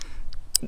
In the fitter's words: vous voyez que ça a fait clic